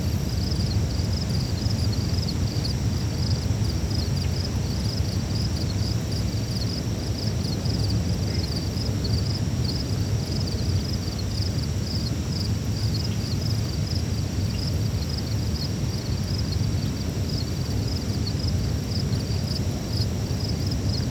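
Birds chirp steadily at the lake in a thin, high, rapid stream, nearly buried under a constant deep rumble like traffic or wind.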